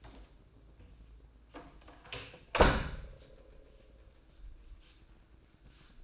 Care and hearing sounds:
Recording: daily activity, microphone in the room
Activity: close door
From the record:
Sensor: 2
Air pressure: 1012.2 hPa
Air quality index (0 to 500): 158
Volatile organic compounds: 2 ppm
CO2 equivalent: 1156 ppm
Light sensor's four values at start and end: 436/1093/445/470 and 436/1093/445/471

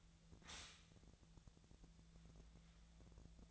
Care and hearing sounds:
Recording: daily activity, microphone in the room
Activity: stop toaster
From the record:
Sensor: 3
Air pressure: 1000.2 hPa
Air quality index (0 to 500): 153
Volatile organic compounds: 3 ppm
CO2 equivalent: 1356 ppm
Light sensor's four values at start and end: 38/96/40/44 and 38/96/40/44

